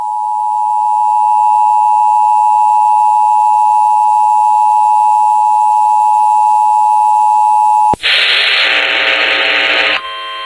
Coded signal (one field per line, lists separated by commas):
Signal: Emergency Alert System (SAME) tones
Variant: 853 and 960 Hz attention tone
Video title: (Late Upload) Tornado Warning #2 on KFBK-AM 1-4-2021 EAS #524